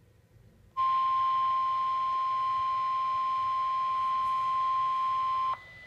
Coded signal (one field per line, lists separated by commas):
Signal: Emergency Alert System (SAME) tones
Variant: 1050 Hz attention tone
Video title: Severe Thunderstorm Warning - EAS #478